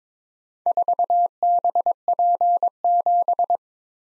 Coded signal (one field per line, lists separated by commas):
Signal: Morse code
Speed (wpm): 23 wpm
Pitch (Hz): 700 Hz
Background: none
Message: 4BP7